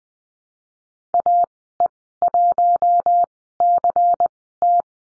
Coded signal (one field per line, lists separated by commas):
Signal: Morse code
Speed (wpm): 20 wpm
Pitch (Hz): 700 Hz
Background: none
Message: AE1CT